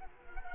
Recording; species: mosquito wingbeat signal from an infrared sensor; Culex quinquefasciatus